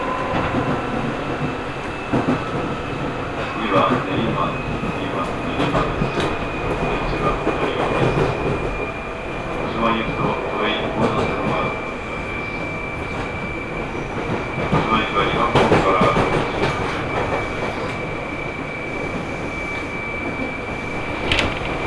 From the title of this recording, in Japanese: 西武池袋線普通 池袋→清瀬